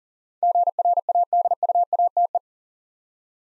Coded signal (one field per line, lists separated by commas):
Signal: Morse code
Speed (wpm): 40 wpm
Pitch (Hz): 700 Hz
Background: none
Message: GRADUATE